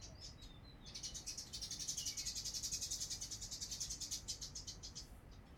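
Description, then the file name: Bird song, a long, rapid, high-pitched trill of evenly repeated pulses lasting about four seconds, preceded by short thin chirps, over low background rumble. "Birds in Spring 03"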